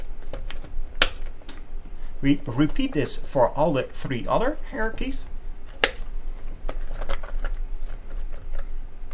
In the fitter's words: the helmet so we align each of the hierarchies with their slot place it over and press it in until it clicks into place we